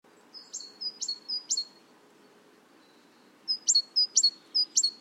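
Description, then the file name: Great tit giving quick see-saw phrases of high, thin notes, several in a row, then a pause and another rapid series. "Parus major"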